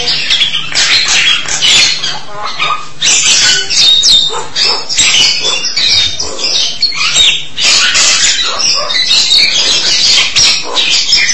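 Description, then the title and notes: Starling song of dense, harsh chattering and scratchy notes, tumbling almost without pause through the whole stretch. "suara burung jalak"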